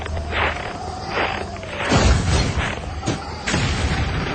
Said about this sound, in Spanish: El disparo del tanque rompe la monotonía de la marcha.